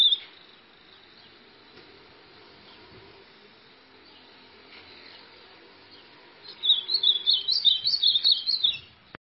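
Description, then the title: White-throated seedeater giving a brief note, then a long near-silent stretch before a quick burst of high twittering song near the end. "Canto Do Golinha"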